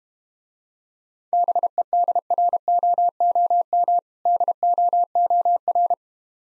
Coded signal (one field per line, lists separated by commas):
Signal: Morse code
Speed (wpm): 32 wpm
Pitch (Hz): 700 Hz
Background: none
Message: BEDROOM DOOR